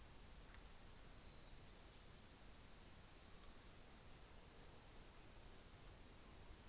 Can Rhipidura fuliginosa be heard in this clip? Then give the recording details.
no. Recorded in New Zealand on 24 December 2018. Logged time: 14:50